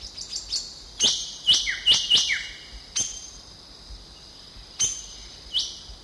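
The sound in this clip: Drongo fantail calls: crisp high chips with a few short downslurred notes, given in loose groups with pauses.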